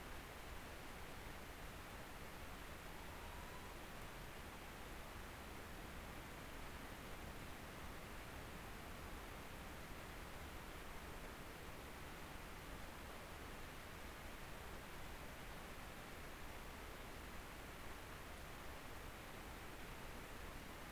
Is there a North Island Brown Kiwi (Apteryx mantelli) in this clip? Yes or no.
no